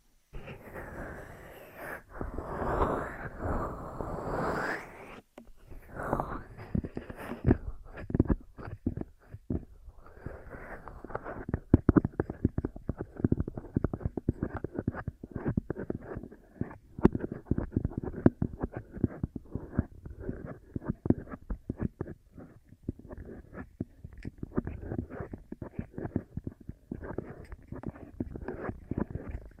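Ear massage and cleaning sounds: dense rubbing and crackling with a muffled, low-heavy tone. The first five seconds are a smoother continuous rustle, then after a brief pause come rapid irregular taps, scratches and squishy clicks that keep up steadily to the end.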